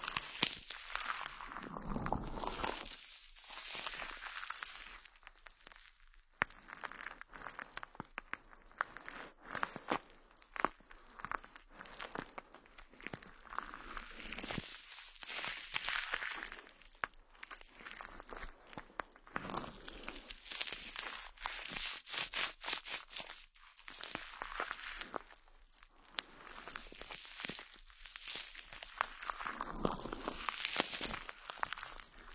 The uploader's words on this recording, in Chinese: 疗愈SPA！头部调理，深度放松。